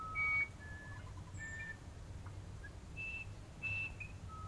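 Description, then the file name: Musician wren whistles: scattered clear, pure notes at several pitches, over a steady low background rumble. "uirapuru"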